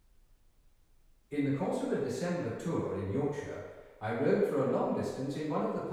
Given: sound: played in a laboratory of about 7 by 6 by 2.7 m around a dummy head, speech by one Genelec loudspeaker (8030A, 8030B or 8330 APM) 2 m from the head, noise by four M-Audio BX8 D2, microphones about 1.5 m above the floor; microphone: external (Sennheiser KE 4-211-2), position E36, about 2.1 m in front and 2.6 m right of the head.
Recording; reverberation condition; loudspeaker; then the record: male speech in English; high; behind (180 degrees)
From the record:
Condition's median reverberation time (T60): about 1300 ms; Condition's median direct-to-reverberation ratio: about -4.0 dB